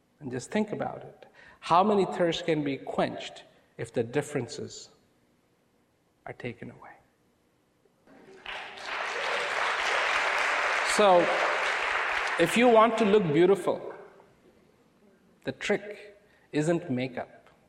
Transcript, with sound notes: and just think about it, how many thirsts can be quenched if the differences are taken away. (applause) So if you want to look beautiful the trick isn't make-up.